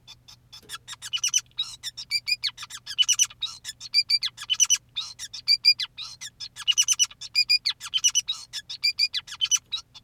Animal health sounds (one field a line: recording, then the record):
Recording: song of a male Bengalese finch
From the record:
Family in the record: son of father 2, and himself father 5